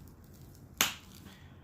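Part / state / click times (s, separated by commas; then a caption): second snap button on a leather tote bag corner / seated / 0.8 s. The second snap button on a corner of a Prada leather tote bag is fastened, giving one sharp, bright click at 0.8 s over a faint, quiet background. The snap seats and the bag is now secure.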